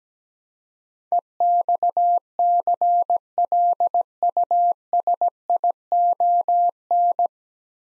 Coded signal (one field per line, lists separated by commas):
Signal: Morse code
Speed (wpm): 17 wpm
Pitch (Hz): 700 Hz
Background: none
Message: EXCLUSION